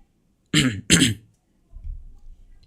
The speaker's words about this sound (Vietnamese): Mình đang đọc thì nó hay bị ho ấy, nên có gì anh em thông cảm cho mình nhé.